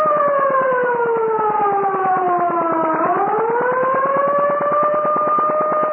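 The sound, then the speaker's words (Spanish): A loud attack alarm siren wails steadily, its tone sliding lower, then swooping back up and holding high, with a fast throbbing pulse running through it. No voices accompany it. “Señal de ataque.”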